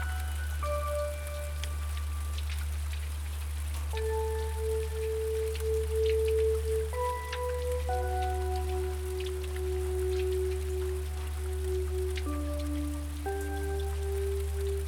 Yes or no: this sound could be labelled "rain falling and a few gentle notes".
yes